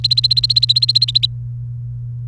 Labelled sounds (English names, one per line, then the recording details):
Domestic Canary song
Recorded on 30 April 2018 at 07:49
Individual llb3